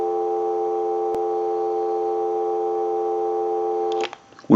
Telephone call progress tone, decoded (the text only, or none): dial tone